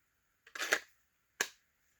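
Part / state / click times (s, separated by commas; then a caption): fixed-blade knife into kydex sheath / seated / 1.4 s. A fixed-blade knife is pushed into a kydex and alligator hybrid sheath, with a brief scraping rustle from about 0.5 to 0.9 seconds. A sharp retention click follows at 1.4 seconds, and the knife is seated securely in the sheath.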